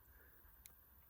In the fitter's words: Simply push that, slide it down, locks into place,